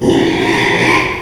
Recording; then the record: squeal of a Yucatan mini pig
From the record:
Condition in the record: after surgery on the right vocal fold (resection and tissue-engineered implant); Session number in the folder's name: 1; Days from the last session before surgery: 6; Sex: male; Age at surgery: 12 weeks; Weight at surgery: 13 kg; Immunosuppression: cyclosporine, prednisolone